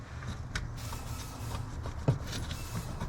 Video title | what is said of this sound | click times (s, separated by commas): Chevy / GMC Trucks and SUV, How To Replace Heater Core Connectors. Silverado, Tahoe, Yukon, Sierra.. | You listen for a click when you're putting these together. | 0.6 s